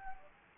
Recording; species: mosquito wingbeat signal from an infrared sensor; Anopheles gambiae